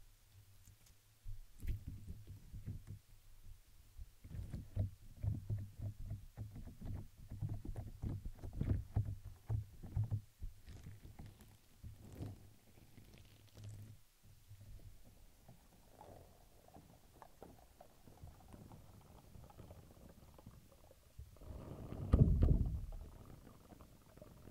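Crinkling and brushing on plastic, paper and other materials, with dense, irregular rustles and crackles filling the first fourteen seconds over a low steady hum. After that the handling turns sparser and softer, until a brief louder, duller burst of rubbing near twenty-two seconds.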